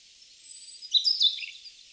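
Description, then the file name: European robin song: a single short phrase of high, thin, wavering whistles rising and falling, loudest at its centre, then fading away. "Erithacus rubecula"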